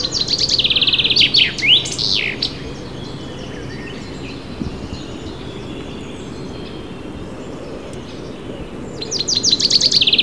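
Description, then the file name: Common chaffinch song: a fast, descending series of bright chipping notes ending in a flourish, then a long quiet gap before another rattling phrase begins near the end. "Fringilla coelebs"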